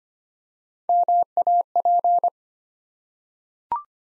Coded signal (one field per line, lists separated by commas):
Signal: Morse code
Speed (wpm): 25 wpm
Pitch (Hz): 700 Hz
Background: none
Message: MAP